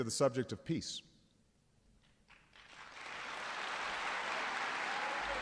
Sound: applause

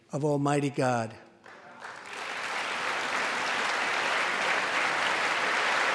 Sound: applause

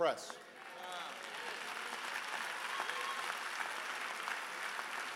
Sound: applause

